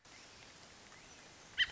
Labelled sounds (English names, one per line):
American Robin